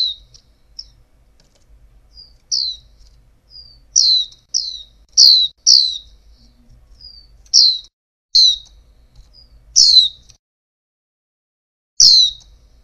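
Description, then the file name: White-eye giving short, high, down-slurred chirps in irregular bursts, several quick pairs, with softer thin notes between and a faint low hum beneath. Female bird. "pleci betina"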